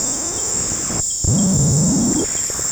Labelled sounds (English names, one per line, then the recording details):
none
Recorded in dense forest near Puerto Asís, Putumayo, Colombia, on 26 December 2024 at 20:00
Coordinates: 0.481, -76.323
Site G100